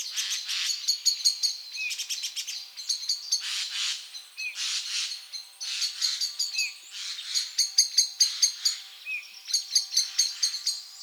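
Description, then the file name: Eurasian blackbird calls, bursts of hard, rapid clicking notes broken by brief gaps, with a few softer chirps mixed in. "Turdus merula"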